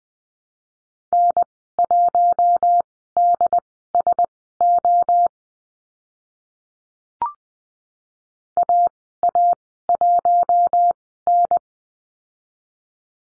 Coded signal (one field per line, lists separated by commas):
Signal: Morse code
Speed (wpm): 20 wpm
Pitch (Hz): 700 Hz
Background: none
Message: N1DSO AA1N